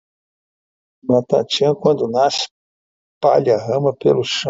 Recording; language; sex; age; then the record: short text; Brazilian Portuguese; male; 60 to 69 years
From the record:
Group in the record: control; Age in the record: 63 years